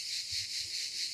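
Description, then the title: Shrill cicada song, an unbroken metallic hiss rising and falling in quick, even waves. "cigales"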